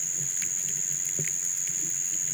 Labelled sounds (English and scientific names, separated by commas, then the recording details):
none
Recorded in pastures near Puerto Asís, Putumayo, Colombia, on 27 June 2025 at 05:30
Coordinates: 0.486, -76.323
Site H29